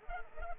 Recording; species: mosquito wingbeat signal from an infrared sensor; Culex pipiens